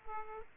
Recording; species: mosquito wingbeat signal from an infrared sensor; Aedes aegypti